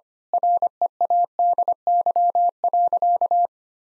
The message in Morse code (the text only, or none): READY.